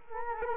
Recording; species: mosquito wingbeat signal from an infrared sensor; Culex quinquefasciatus